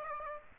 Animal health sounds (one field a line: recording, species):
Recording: mosquito wingbeat signal from an infrared sensor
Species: Aedes aegypti